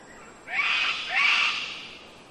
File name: zapsplat nature rainforest ambience wind trees birds mainly cockatoos close by early spring qld australia